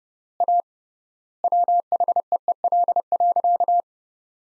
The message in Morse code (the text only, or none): A WHEEL.